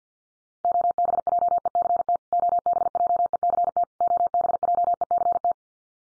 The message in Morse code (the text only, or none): OBJECT OBJECT OBJECT